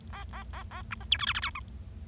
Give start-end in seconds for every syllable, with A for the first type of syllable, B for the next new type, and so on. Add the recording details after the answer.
0.13-0.24 A, 0.33-0.43 A, 0.53-0.63 A, 0.71-0.82 A, 0.91-0.94 B, 1.00-1.04 C, 1.11-1.17 D, 1.19-1.25 E, 1.27-1.33 F, 1.35-1.40 F, 1.42-1.50 G, 1.55-1.60 H. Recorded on 25 March 2012 at 17:04. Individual gy6or6